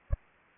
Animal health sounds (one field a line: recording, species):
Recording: mosquito wingbeat signal from an infrared sensor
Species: Anopheles arabiensis